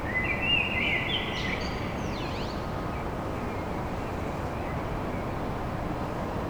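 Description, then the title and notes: Common blackbird singing one brief warbled phrase with a squeaky high ending, then only a steady rumble of background noise. Blackbird song at dawn in Paris. "Blackbird Poetry At Paris On. Enregistrement d'un chant de merle à l'aube dans Paris"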